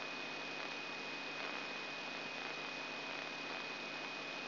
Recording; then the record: brain microelectrode recording played as sound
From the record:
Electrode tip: inside the subthalamic nucleus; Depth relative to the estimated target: 0 mm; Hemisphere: left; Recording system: AlphaMap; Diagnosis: Parkinson's disease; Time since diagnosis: 6 years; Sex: female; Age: 40 years